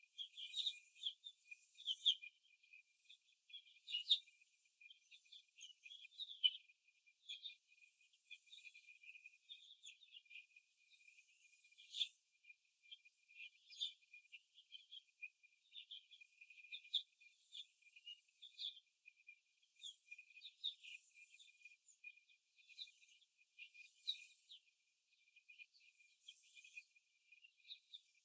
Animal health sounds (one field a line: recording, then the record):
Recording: young laying hens in a cage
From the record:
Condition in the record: after the stressor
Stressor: simulated dog barking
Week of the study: 2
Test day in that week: 2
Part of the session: 3